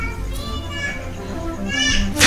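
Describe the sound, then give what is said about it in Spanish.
A child screams in the background, a few high, wavering shrieks rising over a murmur of other children's voices, growing louder toward the end and finishing with a sharp, harsh burst. “Los gritos que se escuchan es este...”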